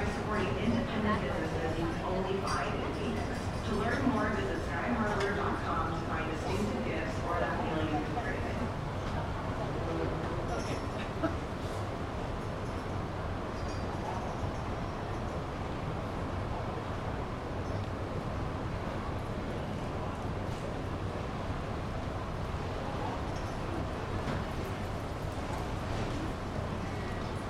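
Fellow passengers murmur over a steady low hum, with clearer voices early on and light shuffling, settling into dense, even crowd chatter.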